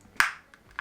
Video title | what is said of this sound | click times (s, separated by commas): Quick Tips: How to Replace Batteries in Marantec Garage Door Opener Remote & Wireless Keypad | until you hear pop a little bit | 0.2 s